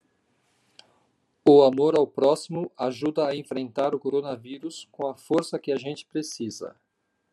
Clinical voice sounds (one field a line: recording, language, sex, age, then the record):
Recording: spoken sentence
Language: Brazilian Portuguese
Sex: male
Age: 50 to 59 years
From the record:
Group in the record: control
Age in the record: 58 years